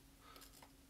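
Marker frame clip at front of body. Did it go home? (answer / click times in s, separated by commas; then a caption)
no / none. The frame of an Eclipse FL 3-way valve is handled as it is reattached with the gasket in place, its marker frame clip lining up at the front of the body. Only faint rustling and a few soft handling ticks, around 0.4 s and 0.6 s, are heard over a steady low hum. Nothing has clicked or seated yet.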